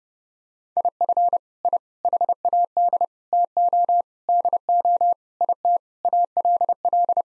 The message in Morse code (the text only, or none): IF I HAD TO DO IT ALL